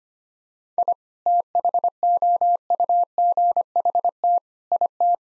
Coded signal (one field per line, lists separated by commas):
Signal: Morse code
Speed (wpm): 25 wpm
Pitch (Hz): 700 Hz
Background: none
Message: I THOUGHT IT